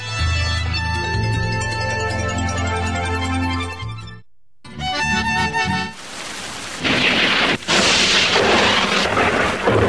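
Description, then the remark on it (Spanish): A tonal, music-like passage breaks off briefly, then a loud, steady hiss of heavy rain takes over with deep rumbling, like a thunderstorm downpour, with no talking. “Está lloviendo como nunca.”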